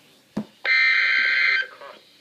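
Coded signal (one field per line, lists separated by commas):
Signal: Emergency Alert System (SAME) tones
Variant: header bursts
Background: speech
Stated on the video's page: NOAA Weather Radio station, Severe Thunderstorm Warning issued by the Mount Holly, NJ forecast office.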